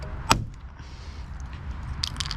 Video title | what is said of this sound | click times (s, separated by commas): How to install a front lip on a 2010-2015 Camaro SS | and then what you do is you squeeze this it's going to get harder each pull and then you'll hear it pop like this | 0.3 s